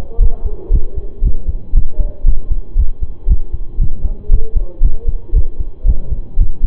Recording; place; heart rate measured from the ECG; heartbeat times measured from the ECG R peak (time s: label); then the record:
heart sounds by stethoscope; between the tricuspid and mitral areas; 116 bpm
0.19 s: heartbeat
0.71 s: heartbeat
1.22 s: heartbeat
1.73 s: heartbeat
2.25 s: heartbeat
2.76 s: heartbeat
3.27 s: heartbeat
3.78 s: heartbeat
4.30 s: heartbeat
4.81 s: heartbeat
5.33 s: heartbeat
5.85 s: heartbeat
6.37 s: heartbeat
From the record:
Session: pedaling a stationary bicycle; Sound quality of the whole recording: saturated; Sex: male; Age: 25 years